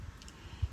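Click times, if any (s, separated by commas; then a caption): 0.2 s, 0.3 s. A new small metal mesh VVT-i oil control valve filter for a Toyota 4Runner, FJ Cruiser or Tacoma is pushed into the end of its threaded cylinder head drain plug, where it is designed to click into place. Two short, bright clicks sound at 0.2 s and 0.3 s, followed by a soft low thump near the end. The filter snaps in and is seated.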